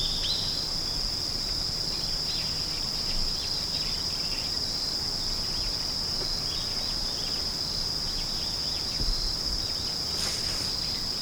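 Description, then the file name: Insect producing a sustained, level high-pitched tone across the whole stretch, with occasional faint chirps and a few soft low thumps. "singing of insect"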